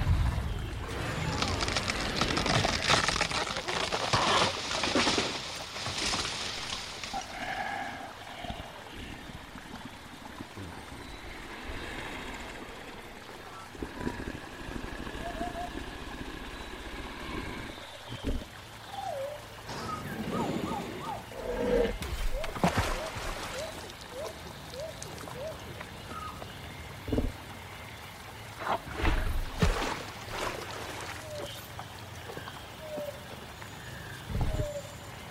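Prehistoric forest dinosaur sounds: a loud rushing hiss for six seconds, then low rumbles, repeated short chirping calls and sharp bursts throughout.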